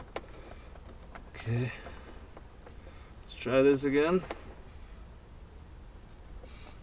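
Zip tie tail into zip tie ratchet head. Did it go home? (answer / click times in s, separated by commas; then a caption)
no / none. A plastic zip tie tail is handled for a retry at inserting it into the zip tie's ratchet head, with a few faint ticks near the start and at about 2.4 s and 3.3 s. Someone talks briefly around 1.5 s and again from about 3.4 to 4.3 s. The clip ends before the tail goes home, so nothing has seated or clicked yet.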